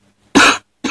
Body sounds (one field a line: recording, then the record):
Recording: coughing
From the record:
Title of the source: 64 coughing, allergies, singing lungs